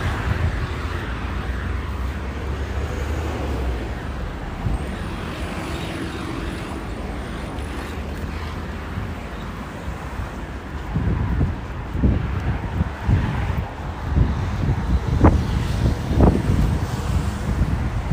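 A bus or metro ride carries a steady low rumble of vehicle motion with a soft wind-like hiss. A faint high whine rises near five seconds. From about eleven seconds on, uneven knocks and thumps break through, with several sharper bangs around fifteen and sixteen seconds.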